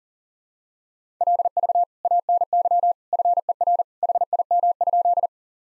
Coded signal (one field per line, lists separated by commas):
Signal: Morse code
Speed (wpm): 40 wpm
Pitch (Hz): 700 Hz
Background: none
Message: LV ANY FER HIM?